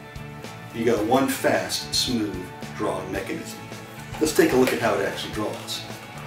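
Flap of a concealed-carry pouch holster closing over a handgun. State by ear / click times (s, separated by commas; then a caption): not seated / none. A man talks over background music while handling the spring-loaded fabric flap of a concealed-carry pouch holster holding a handgun. No clicks stand out. The flap has not yet snapped shut and nothing has seated yet.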